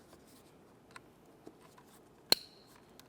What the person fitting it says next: got a nice audible click from that one